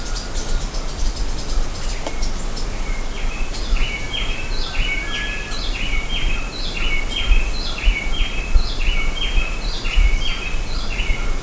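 A bird calls with a long series of short chirped notes, about two per second, after a few scattered high notes, over a steady low rumbling noise.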